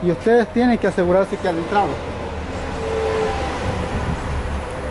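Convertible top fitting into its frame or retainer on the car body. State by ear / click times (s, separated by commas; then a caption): not seated / none. A part of a 2005–2015 Mustang convertible top is being fitted into its frame or retainer on the car body while someone talks over a low background rumble. Nothing has seated or clicked into place yet.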